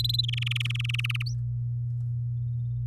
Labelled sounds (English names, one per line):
Domestic Canary song